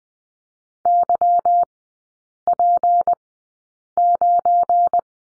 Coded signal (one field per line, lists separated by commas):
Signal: Morse code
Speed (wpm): 20 wpm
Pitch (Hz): 700 Hz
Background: none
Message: YP9